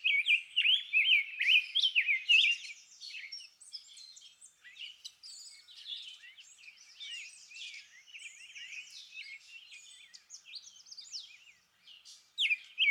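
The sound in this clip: Rose-breasted grosbeak song opens with loud whistled phrases, then quieter varied chips and twitters, before a last loud phrase.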